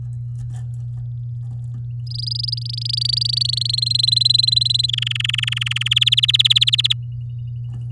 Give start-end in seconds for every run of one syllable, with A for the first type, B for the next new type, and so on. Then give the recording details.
2.07-3.67 A, 3.69-4.90 B, 4.93-5.88 C, 5.91-6.93 D. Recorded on 10 May 2018 at 11:44. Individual llb16